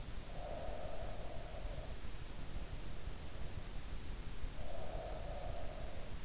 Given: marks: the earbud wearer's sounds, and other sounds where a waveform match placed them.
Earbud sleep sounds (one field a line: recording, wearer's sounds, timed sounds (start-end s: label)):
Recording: sounds in sleep by an in-ear microphone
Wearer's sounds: breath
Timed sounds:
0.39-1.96 s: breath
4.48-6.25 s: breath